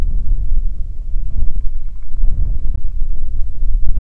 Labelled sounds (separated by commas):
wind